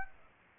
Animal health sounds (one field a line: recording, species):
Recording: mosquito wingbeat signal from an infrared sensor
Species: Aedes aegypti